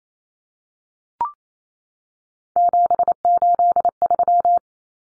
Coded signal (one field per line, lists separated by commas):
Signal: Morse code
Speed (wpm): 28 wpm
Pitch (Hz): 700 Hz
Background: none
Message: 783